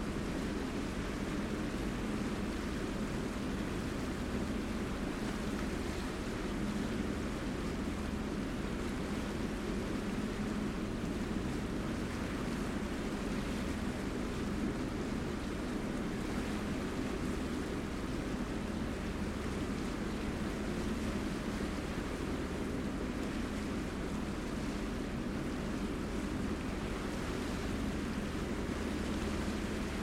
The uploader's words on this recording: Ocean Voyage. The soothing rhythm of the engine and the soft lapping of waves.